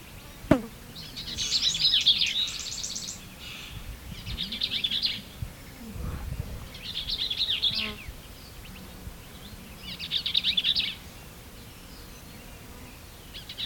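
Bell's vireo singing rapid, chattering, scratchy phrases repeated every two to three seconds, with a faint low rumble and a brief click near the start.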